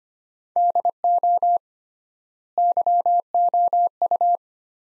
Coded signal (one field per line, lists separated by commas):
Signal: Morse code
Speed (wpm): 25 wpm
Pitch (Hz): 700 Hz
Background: none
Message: DO YOU